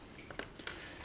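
A plastic flight battery pack for an SJRC Z5 quadcopter is pushed into its battery bay, giving two sharp clicks at 0.4 s and 0.7 s, with softer taps just before and at the end. The battery seats firmly with a positive click, so it will not come out in flight.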